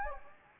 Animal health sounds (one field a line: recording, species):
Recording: mosquito wingbeat signal from an infrared sensor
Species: Anopheles gambiae